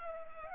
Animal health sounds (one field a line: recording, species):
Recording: mosquito wingbeat signal from an infrared sensor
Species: Culex pipiens